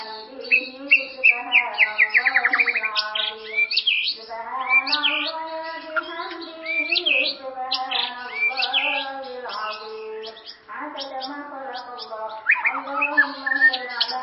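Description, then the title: White-rumped shama song: varied phrases of quick trills and upswept whistles, broken by short pauses. "murai batu"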